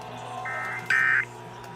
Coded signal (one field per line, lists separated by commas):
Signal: Emergency Alert System (SAME) tones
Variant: end-of-message bursts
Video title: Los Angeles Required Monthly Test (EAS #71-97) 5 25 21